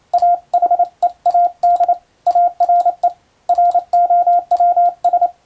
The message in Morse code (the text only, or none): AHEAD ARE ROWS